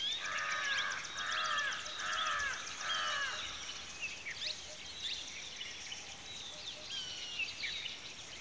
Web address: Audio Things Live Show Underground Caves Birds At Watering Hole (Afternoon